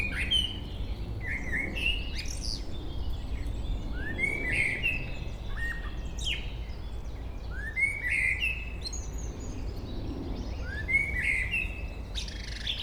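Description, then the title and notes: Common blackbird song: rich whistled phrases repeated every few seconds, each followed by high thin twittering notes, with steady low background rumble throughout. Local bird singing at Chemin des cris, Chindrieux, France. "Chemin des cris, 73310 Chindrieux, France - Merle. Un beau chant de merle local"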